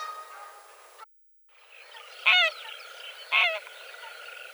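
Greylag Goose giving two short honks about a second apart, after a brief silent break.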